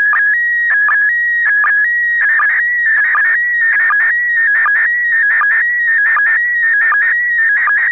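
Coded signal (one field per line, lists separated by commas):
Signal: SSTV (slow-scan television)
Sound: continuous warbling, buzzing tone with rapid pitch changes and regular short low chirps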